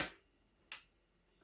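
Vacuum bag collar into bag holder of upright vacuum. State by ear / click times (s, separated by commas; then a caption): seated / 0.7 s. The cardboard collar of an Eureka-style RR paper vacuum bag is lined up with the tab and groove of the plastic bag holder in a Eureka TheBoss SmartVac (4870) upright vacuum and pushed up. A short, sharp click is heard at 0.7 s, after a fading sound at the start and before a faint tap near 1.4 s. The collar is seated in the holder.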